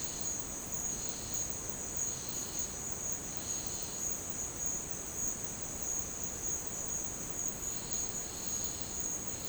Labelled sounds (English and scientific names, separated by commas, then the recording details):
none
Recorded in dense forest near Puerto Asís, Putumayo, Colombia, on 13 March 2025 at 12:30
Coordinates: 0.500, -76.322
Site GP06